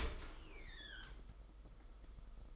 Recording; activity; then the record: daily activity, microphone in the room; open dishwasher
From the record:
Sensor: 5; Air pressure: 991.5 hPa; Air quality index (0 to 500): 112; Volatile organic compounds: 30 ppm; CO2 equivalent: 2953 ppm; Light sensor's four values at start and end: 38/123/46/50 and 39/124/47/50